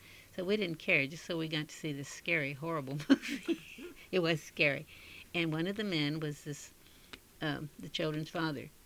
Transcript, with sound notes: So we didn't care, just so we got to see this scary, horrible movie. (she laughs) It was scary. And one of the men was this children's father.